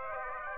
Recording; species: mosquito wingbeat signal from an infrared sensor; Aedes aegypti